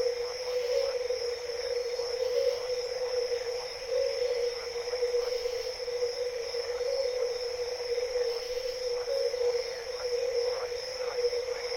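A dense night chorus of frogs and crickets, with steady, unbroken trilling drones at several pitches and faint quick clicks throughout.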